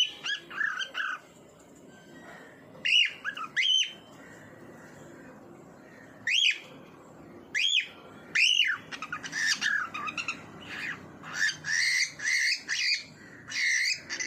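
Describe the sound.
Bird song of loud, sharply rising and falling whistled notes, given singly with gaps and then in a quicker run toward the end, over a faint steady background hiss.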